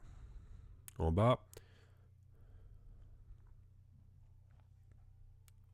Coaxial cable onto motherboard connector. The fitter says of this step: On le reclipse